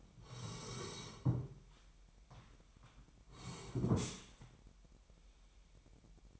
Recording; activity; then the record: daily activity, microphone in the room; sit down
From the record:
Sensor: 1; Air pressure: 998.6 hPa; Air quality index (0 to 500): 121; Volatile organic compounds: 3 ppm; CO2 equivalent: 1450 ppm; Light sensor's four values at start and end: 11/26/11/13 and 10/26/11/13